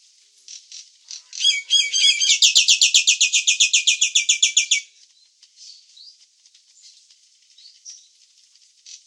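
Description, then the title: Nias hill myna chattering, squeaky twisting notes leading into a loud, rapid, steady series of buzzy notes, followed by soft scattered chirps. "burung jalak nias"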